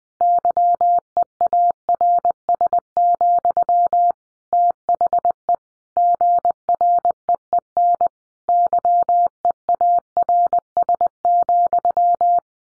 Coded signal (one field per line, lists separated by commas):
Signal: Morse code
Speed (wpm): 19 wpm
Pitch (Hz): 700 Hz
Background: none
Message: YEARS, THE GREEN YEARS,